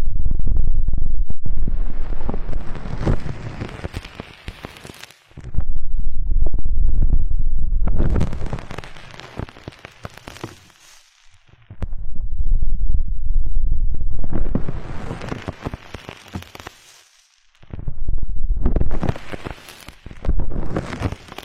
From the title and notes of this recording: High-frequency trigger sound, strong numbing and stress-relieving ear cleaning massage.